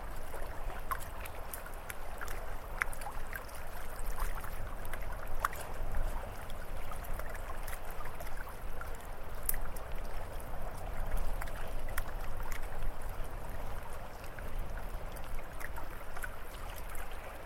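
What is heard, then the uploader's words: Water laps steadily under a soft, low breeze, while small bright crackles from a fire pop irregularly throughout, continuous. ICY LAGOON AMBIENT. A calming sound of a lapping wave, a gentle breeze, and a soft crackling fire.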